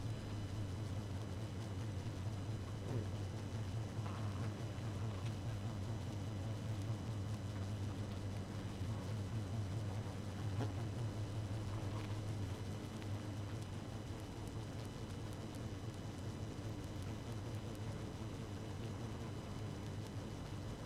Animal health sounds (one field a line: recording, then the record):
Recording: honeybee colony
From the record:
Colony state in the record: active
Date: 12 June 2018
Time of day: 0:40